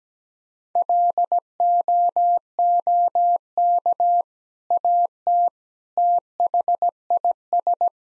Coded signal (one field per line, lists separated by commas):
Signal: Morse code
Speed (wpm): 17 wpm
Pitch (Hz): 700 Hz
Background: none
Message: LOOK AT THIS